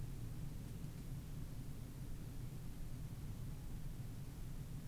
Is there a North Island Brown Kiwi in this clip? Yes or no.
no